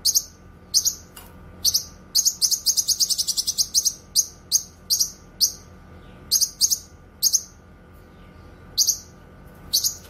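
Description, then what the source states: Streaked spiderhunter song: sharp, high chipping notes repeated in irregular bursts, with a quick rattling run of notes in the middle, over a faint steady hum. Tutor song for training birds; singing vigorously, clear and long.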